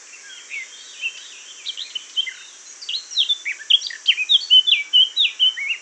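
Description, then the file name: Eurasian blackcap song: a soft scratchy warble building into louder, clear whistled notes, rapid and varied. "Sylvia atricapilla"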